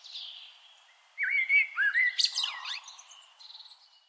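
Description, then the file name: Eurasian blackbird song: a faint high note, then a phrase of mellow, fluted whistles sliding around the mid range, breaking into a squeaky, scratchy high twitter with quieter notes trailing after. "Turdus merula"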